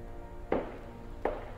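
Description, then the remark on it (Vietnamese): Two slow, hollow knocks about three-quarters of a second apart, footsteps with a walking cane tapping the floor in the living room of a house, each a short thud with a brief ring, over a quiet low hum. “Bỗng là tiếng, đúng vậy, là tiếng bước chân.”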